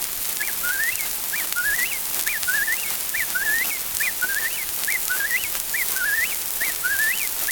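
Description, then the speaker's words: Eastern Whip-poor-will singing, a rapid whistled three-part phrase with a dip and a sharp upward flick, repeated steadily about every 0.9 seconds against a faint hiss. Calling in woods at dusk as darkness gathers, weird cries, part of a woodland concert from sunset until nightfall. "As darkness gathers about the woods, the whippoorwills add their weird cries."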